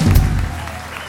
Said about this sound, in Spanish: un aplauso para despedir a Don Lorenzo de Monteclaro